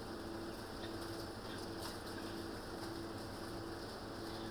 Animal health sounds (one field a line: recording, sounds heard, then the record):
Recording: poultry house recording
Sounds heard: healthy chickens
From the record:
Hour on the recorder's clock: 19